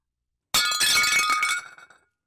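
A ceramic teacup held in a woman's hand shatters with a sudden bright crash, followed by about a second of tinkling, clattering fragments that quickly fade to silence.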